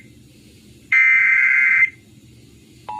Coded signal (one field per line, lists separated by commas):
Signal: Emergency Alert System (SAME) tones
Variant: header bursts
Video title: (EAS #70 - #72) FROM A SVA TO TOR's - EAS Alerts from 8/14/20 (Lincoln, NE)